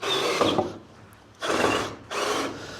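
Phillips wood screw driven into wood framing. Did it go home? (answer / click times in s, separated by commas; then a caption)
no / 0.6 s. A drill drives a Phillips-head wood screw into the wood framing of a new rear wall, with bursts of drill whir and grinding from about 0.0 to 0.7 s, 1.4 to 1.9 s, and 2.1 to 2.9 s. A sharp click at 0.6 s marks the bit camming out and rounding the head. The screw head is stripped, leaving the screw only partly driven in.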